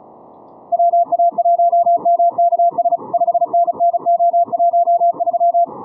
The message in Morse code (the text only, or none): WA1MKS 5NNO13